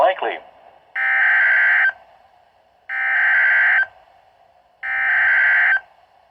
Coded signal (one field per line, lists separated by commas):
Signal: Emergency Alert System (SAME) tones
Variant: header bursts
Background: speech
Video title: HELPLESS III: THE REMNANTS OF HURRICANE BERYL - EAS Alerts from 7/9/24 #74-81